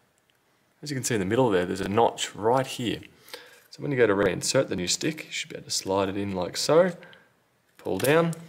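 A new RAM stick is slid into the SO-DIMM memory slot of a Lenovo Yoga 720-15IKB laptop at an angle and pulled down toward the slot. Someone talks throughout, and two faint ticks come near 0.2 s and 0.3 s. Nothing has seated or clicked yet.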